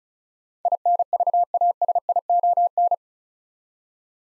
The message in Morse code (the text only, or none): INVASION